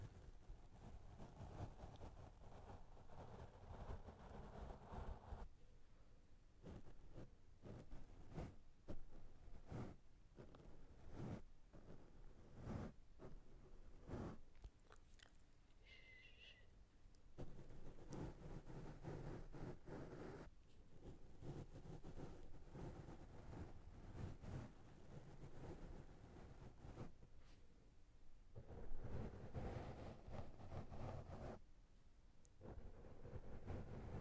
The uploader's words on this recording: ASMR Brushing The Microphone with Different Brushes.